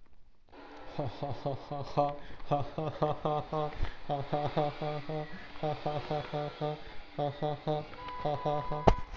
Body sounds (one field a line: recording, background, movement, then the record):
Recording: laughter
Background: traffic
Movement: sitting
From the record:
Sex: male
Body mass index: 23.7 kg/m2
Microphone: on the chest, facing outward